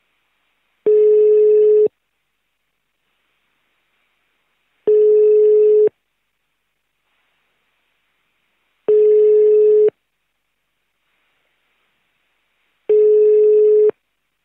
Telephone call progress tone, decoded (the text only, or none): ringback tone